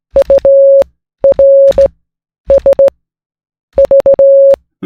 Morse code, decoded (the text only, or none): URSV